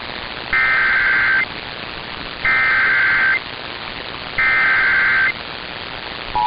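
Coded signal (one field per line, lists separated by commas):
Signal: Emergency Alert System (SAME) tones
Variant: header bursts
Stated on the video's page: Flash flood alerts, personal captures.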